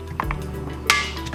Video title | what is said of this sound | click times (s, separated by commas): Seekins Precision SRS Bipod Mounting Rail for HS Precision Stock | and I'm going to tighten these down until it clicks. | 0.9 s